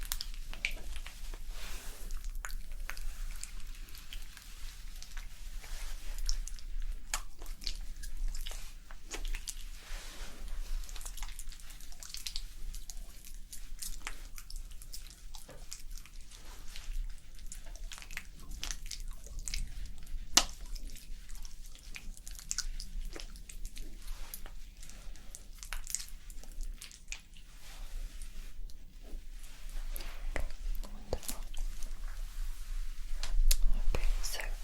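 Hair washing and scalp massage sounds: dense, continuous wet squishing and crackling with frequent soft clicks and brushing strokes, fairly steady throughout.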